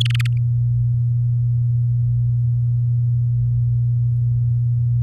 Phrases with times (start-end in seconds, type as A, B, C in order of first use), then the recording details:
0.00-0.27 A. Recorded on 6 May 2018 at 06:15. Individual llb16